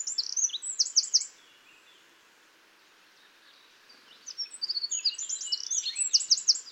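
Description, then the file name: Eurasian wren giving high, rattling trills at the start, falling quiet for a few seconds, then resuming with a longer burst of sharp twittering notes. "Troglodytes troglodytes"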